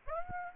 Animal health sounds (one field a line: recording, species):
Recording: mosquito wingbeat signal from an infrared sensor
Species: Aedes aegypti